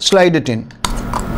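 Someone talks, then an interchangeable flat three-pin mains plug adapter is handled as it is slid onto the power supply of a Blackmagic Fiber Optical Miniconverter 12G, with plastic-like rattling and a brief tap near 1.2 s. The clip ends before the adapter locks; nothing has clicked or seated yet.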